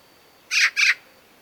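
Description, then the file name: Eurasian magpie call: two loud, grating rasps in rapid succession, then quiet. "Pica pica"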